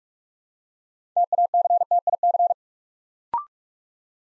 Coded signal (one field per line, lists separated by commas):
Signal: Morse code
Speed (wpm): 44 wpm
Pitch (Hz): 700 Hz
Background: none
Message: TACTIC